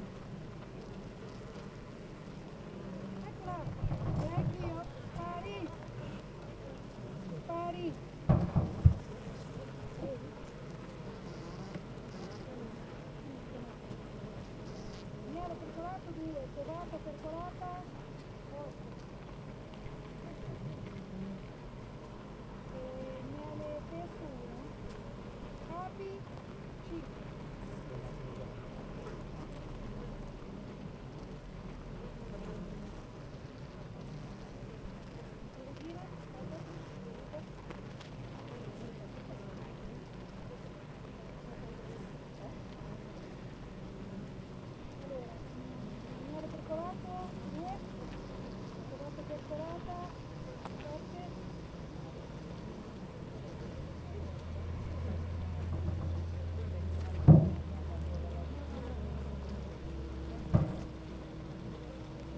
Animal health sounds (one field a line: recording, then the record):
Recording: honeybee colony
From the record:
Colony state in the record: active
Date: 28 July 2017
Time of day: 8:36